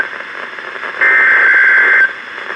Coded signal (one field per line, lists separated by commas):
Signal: Emergency Alert System (SAME) tones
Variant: header bursts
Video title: Tornado Warning (EAS #1516-1517)